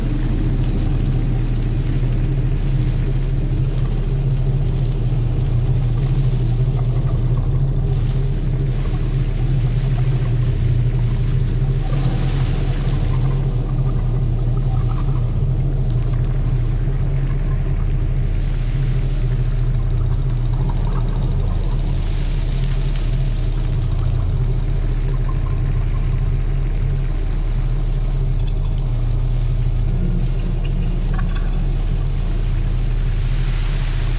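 An imagined future ocean, built entirely from sounds of plastic objects found on a beach, forms a dense, steady low rumble like an idling boat engine. Loudness stays even throughout, with faint brighter washes and occasional small clicks drifting over the drone.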